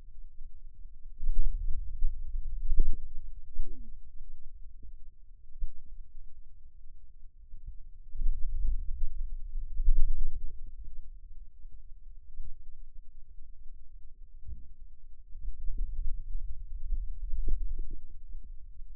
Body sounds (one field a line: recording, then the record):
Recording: forearm muscle sounds (acoustic myography)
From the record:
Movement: wrist extension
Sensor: system 2, bracelet of six BSWA MPA416 microphones around the upper forearm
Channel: 6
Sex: male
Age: 22 years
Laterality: right